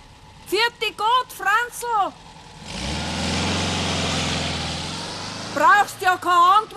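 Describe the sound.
A car engine hums steadily between stretches of talk, a low, even rumble with broad hiss that eases off slightly as the car pulls away before the voices return.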